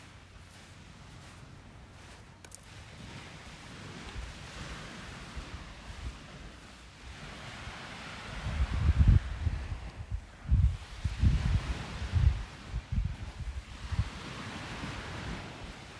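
Waves wash in with a steady hiss while wind gusts buffet the microphone, rumbling low in strong bursts between eight and fourteen seconds.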